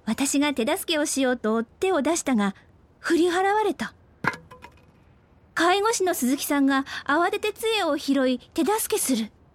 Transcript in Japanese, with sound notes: わたしが手助けをしようと、手を出したが振り払われた。 （コトン、杖倒れる） 介護士の鈴木さんが、慌てて杖を拾い手助けする。